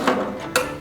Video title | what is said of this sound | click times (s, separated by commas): Confidently Remove Old PESKY Salt Stains and Ice Melt from carpet like a Boss! | and then it'll stop you hear the click | 0.6 s